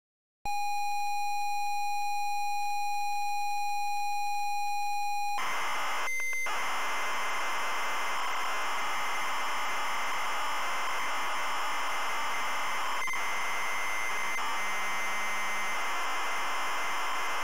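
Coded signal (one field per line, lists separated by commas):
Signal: ZX Spectrum tape loading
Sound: steady high pilot tone for about five seconds, then harsh buzzing, screeching data noise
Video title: ZX SPECTRUM Loading Buffalo Bill's Wild West Show 1989 Micro Value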